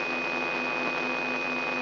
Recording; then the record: brain microelectrode recording played as sound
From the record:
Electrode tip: inside the subthalamic nucleus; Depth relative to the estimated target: 0 mm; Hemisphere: right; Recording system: AlphaMap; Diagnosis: Parkinson's disease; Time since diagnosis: 9 years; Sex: female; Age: 46 years